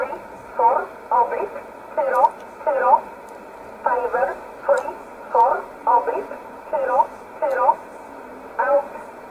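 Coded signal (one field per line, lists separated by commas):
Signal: numbers station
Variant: E11 Oblique, English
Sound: a voice reading about 13 short, evenly spaced words over narrow radio audio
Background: radio static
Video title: 01 06 2020 E11 Oblique Numbers station in English 0901 on 7449 unknown tx site in USB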